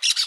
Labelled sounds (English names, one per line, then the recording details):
Brown-throated Parakeet contact call
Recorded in Aruba
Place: hill w/tanki N of Savaneta
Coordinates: 12.461, -69.944